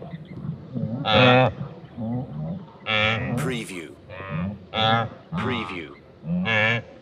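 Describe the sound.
Wildebeest grunts, deep nasal moaning calls repeated roughly every one to two seconds, with lower rumbling grunts between them.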